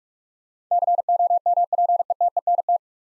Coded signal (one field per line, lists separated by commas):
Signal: Morse code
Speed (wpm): 44 wpm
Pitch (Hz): 700 Hz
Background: none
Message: COMPETENT